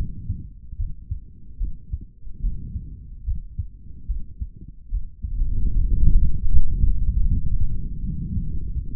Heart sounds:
heart sounds by stethoscope; 75 bpm
0.77 s: heartbeat
1.58 s: heartbeat
2.41 s: heartbeat
3.25 s: heartbeat
4.07 s: heartbeat
4.90 s: heartbeat
5.73 s: heartbeat
6.50 s: heartbeat
7.27 s: heartbeat
8.01 s: heartbeat
8.74 s: heartbeat
From the record:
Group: healthy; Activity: rest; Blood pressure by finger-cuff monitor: 118/89 mmHg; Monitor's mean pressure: 100 mmHg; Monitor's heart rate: 73 bpm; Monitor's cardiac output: 3.5 L/min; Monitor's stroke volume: 47 mL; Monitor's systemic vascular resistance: 2120 dyn s/cm5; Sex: male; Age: 55 years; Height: 167 cm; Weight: 57.2 kg

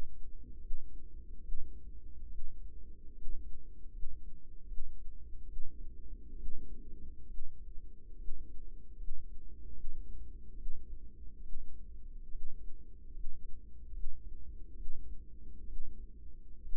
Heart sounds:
heart sounds by microphone in the right ear; 71 bpm
0.57 s: heartbeat
1.39 s: heartbeat
2.26 s: heartbeat
3.11 s: heartbeat
3.89 s: heartbeat
4.64 s: heartbeat
5.43 s: heartbeat
6.34 s: heartbeat
7.25 s: heartbeat
8.14 s: heartbeat
8.94 s: heartbeat
9.71 s: heartbeat
10.53 s: heartbeat
11.39 s: heartbeat
12.28 s: heartbeat
13.09 s: heartbeat
13.89 s: heartbeat
14.73 s: heartbeat
15.63 s: heartbeat
16.60 s: heartbeat
From the record:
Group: healthy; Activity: rest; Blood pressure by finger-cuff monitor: 122/78 mmHg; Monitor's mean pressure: 91 mmHg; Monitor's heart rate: 73 bpm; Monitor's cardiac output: 6.1 L/min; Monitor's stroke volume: 84 mL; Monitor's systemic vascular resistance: 1090 dyn s/cm5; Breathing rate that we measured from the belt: 13 breaths a minute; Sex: female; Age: 22 years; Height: 171 cm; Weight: 65.6 kg

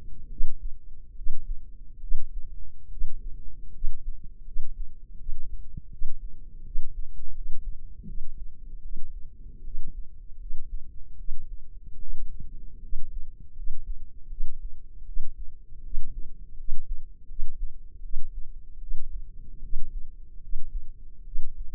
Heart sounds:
heart sounds by microphone in the left ear; 77 bpm
0.27 s: heartbeat
1.13 s: heartbeat
1.98 s: heartbeat
2.88 s: heartbeat
3.70 s: heartbeat
4.42 s: heartbeat
5.15 s: heartbeat
5.88 s: heartbeat
6.62 s: heartbeat
7.31 s: heartbeat
8.04 s: heartbeat
8.80 s: heartbeat
9.61 s: heartbeat
10.37 s: heartbeat
11.15 s: heartbeat
11.97 s: heartbeat
12.79 s: heartbeat
13.53 s: heartbeat
14.27 s: heartbeat
15.03 s: heartbeat
15.80 s: heartbeat
16.54 s: heartbeat
17.25 s: heartbeat
18.00 s: heartbeat
18.77 s: heartbeat
19.59 s: heartbeat
20.38 s: heartbeat
21.22 s: heartbeat
From the record:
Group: healthy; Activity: rest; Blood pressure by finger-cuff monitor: 125/80 mmHg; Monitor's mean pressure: 96 mmHg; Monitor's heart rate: 79 bpm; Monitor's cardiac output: 6.8 L/min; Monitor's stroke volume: 86 mL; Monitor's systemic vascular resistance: 1030 dyn s/cm5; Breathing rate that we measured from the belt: 18 breaths a minute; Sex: female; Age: 23 years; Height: 160 cm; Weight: 50.4 kg

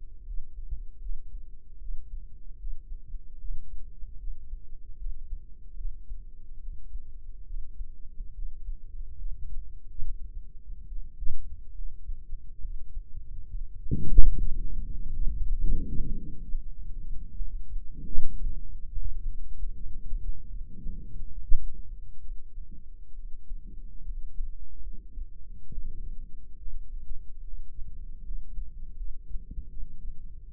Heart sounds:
heart sounds by microphone in the right ear; 73 bpm
0.26 s: heartbeat
1.01 s: heartbeat
1.80 s: heartbeat
2.59 s: heartbeat
3.40 s: heartbeat
4.19 s: heartbeat
4.98 s: heartbeat
5.77 s: heartbeat
6.60 s: heartbeat
7.46 s: heartbeat
8.34 s: heartbeat
9.17 s: heartbeat
10.02 s: heartbeat
10.87 s: heartbeat
11.73 s: heartbeat
12.61 s: heartbeat
13.50 s: heartbeat
14.38 s: heartbeat
15.07 s: heartbeat
15.74 s: heartbeat
16.43 s: heartbeat
17.37 s: heartbeat
18.06 s: heartbeat
18.88 s: heartbeat
19.75 s: heartbeat
20.49 s: heartbeat
21.27 s: heartbeat
22.21 s: heartbeat
23.15 s: heartbeat
24.05 s: heartbeat
24.82 s: heartbeat
25.67 s: heartbeat
26.57 s: heartbeat
27.43 s: heartbeat
28.24 s: heartbeat
28.96 s: heartbeat
29.69 s: heartbeat
30.50 s: heartbeat
From the record:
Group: healthy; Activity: Valsalva maneuver 0-18 s, rest 18-31 s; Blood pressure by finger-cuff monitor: 112/78 mmHg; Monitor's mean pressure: 92 mmHg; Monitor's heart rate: 74 bpm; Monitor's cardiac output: 6.5 L/min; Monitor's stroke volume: 86 mL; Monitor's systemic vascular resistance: 1080 dyn s/cm5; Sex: female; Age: 22 years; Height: 161 cm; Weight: 65.5 kg

